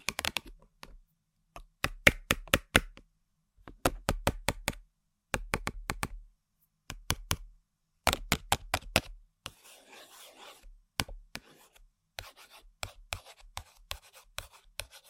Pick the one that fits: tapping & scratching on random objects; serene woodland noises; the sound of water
tapping & scratching on random objects